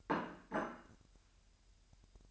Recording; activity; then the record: daily activity, microphone in the room; place plate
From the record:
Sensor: 2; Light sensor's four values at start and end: 8/28/11/10 and 8/28/11/10